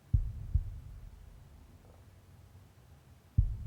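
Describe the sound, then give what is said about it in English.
A person's own low, muffled heartbeat, heard while floating with the ears under water, thuds twice in quick succession, then after a long pause a third thump arrives, all over a soft, steady low rumble. “You relax and float, only hearing the sound of your own breathing and your heart beating.”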